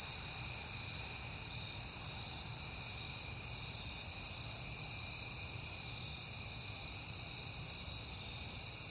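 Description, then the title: A continuous high cricket trill over a low faint rumble. Crickets on a peaceful night in September. "Night Time: Crickets and Passing Cars"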